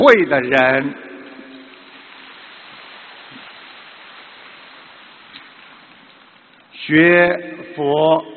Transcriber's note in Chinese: 掌声